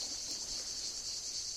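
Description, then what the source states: Cicada singing a steady high-pitched buzzing drone that continues without a break. Played back from a video; a listener comment places it at Le Lavandou and another identifies the species heard as Cicada orni.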